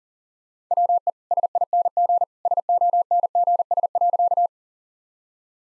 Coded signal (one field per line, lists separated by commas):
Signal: Morse code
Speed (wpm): 40 wpm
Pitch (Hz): 700 Hz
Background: none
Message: WE SING SONGS.